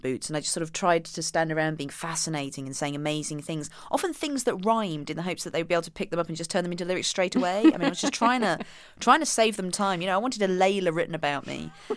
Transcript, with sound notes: And I just sort of tried to stand around being fascinating and saying amazing things - often things that rhymed in the hopes that they would be able to pick them up and just turn them into lyrics straight away.
(Laughter).
I mean, I was just trying to save them time. You know, I wanted a "Layla" written about me.